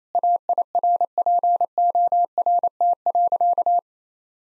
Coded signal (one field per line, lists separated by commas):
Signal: Morse code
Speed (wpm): 28 wpm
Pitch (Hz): 700 Hz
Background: none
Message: AIRPORT.